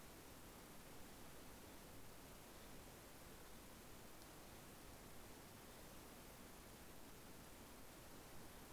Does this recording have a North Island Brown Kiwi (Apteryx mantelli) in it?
no